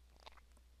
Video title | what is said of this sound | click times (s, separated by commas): Dell EMC Storage Unity XT: Remove/Install DPE Power Supply | you push it back and you'll hear a small click as it is it goes into the chassis and | 0.3 s